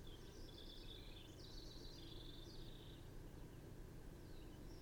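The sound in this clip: Bird song, a rapid high twittering warble in several quick phrases, heard over a steady low rumbling background.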